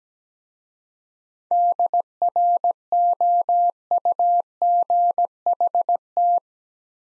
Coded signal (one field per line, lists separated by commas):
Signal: Morse code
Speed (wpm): 17 wpm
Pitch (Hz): 700 Hz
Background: none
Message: DROUGHT